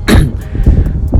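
A single abrupt, harsh cough burst from an adult man with a lingering cough that has not yet gone away, followed by quieter low throaty sounds.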